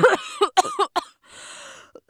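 A quick run of about five short, voiced coughs from an adult woman, followed by a breathy drawn-in breath. It is an acted cough.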